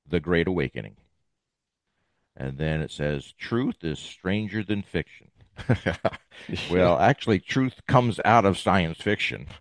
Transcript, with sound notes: The Great Awakening. And then it says, "Truth is stranger than fiction."
(laughs) .
Well, actually, truth comes out of science fiction.